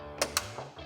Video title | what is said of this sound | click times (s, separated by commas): Installation - 2015-2026 F-Series Bed Light Switch Upgrade Kit - Starkey Products | And this is going to snap into place. | 0.2 s, 0.4 s